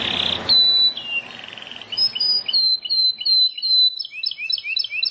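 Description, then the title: Bar-winged prinia song begins after a short burst of noise. A thin whistle and a buzzy trill lead into a steady run of high upslurred chirps, then doubled notes. "Ciblek Sawah"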